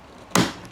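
The plastic main body of a MASARU SCV-805N cordless vacuum is pressed firmly into its mount after its bottom is seated in the groove. It locks with a single sharp snap at 0.4 s, and the body is seated. Pressing hard makes it go in easily.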